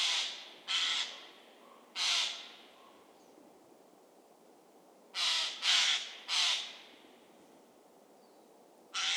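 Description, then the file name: Eurasian jay giving harsh, rasping screeches, three early, then a tight cluster of three after the middle and another at the end, against quiet background. "Garrulus glandarius"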